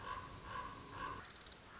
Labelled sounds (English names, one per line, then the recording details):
Common Raven
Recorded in Sonoma County, California